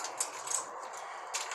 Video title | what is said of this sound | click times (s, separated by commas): Fuel rail install on LT 1.#chevrolet #lt #383 | you want to hear the click because um | 0.2 s, 0.6 s